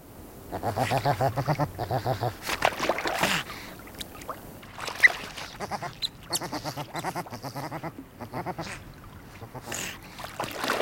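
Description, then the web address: River otter grunting and honking in bursts of harmonic, pulsed, nasal calls, some low and throaty, others higher, with short pauses between groups. "Wildlife Sounds. River Otter"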